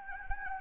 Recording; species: mosquito wingbeat signal from an infrared sensor; Anopheles gambiae